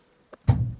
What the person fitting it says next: là, le déclic est fait. Donc on a entendu que là le capot il s'est déclipsé.